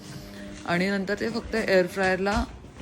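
Someone talks over a faint background hum while handling a food basket or drawer that is about to slide into an air fryer and lock in. The part has not seated or clicked yet.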